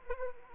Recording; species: mosquito wingbeat signal from an infrared sensor; Anopheles arabiensis